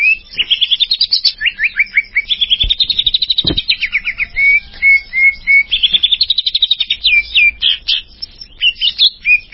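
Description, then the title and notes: Greater green leafbird song: fast whistled trills and slurred notes, rising and falling, with bright downslurred whistles repeated in quick series and two clicks. Champion-grade songbird; Indonesian name cucak ijo; chirping song. "Kicau Burung Cucak Ijo Juara. Suara kicauan burung cucak ijo"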